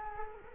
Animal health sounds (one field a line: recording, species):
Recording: mosquito wingbeat signal from an infrared sensor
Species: Culex quinquefasciatus